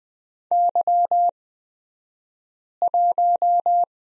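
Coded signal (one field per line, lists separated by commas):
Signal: Morse code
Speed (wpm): 20 wpm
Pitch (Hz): 700 Hz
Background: none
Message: Y1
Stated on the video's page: Morse code course lesson on the letter Z, Farnsworth speed 20/10 wpm.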